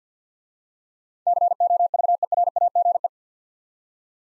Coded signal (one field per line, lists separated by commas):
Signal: Morse code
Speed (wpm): 53 wpm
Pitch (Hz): 700 Hz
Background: none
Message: COVERAGE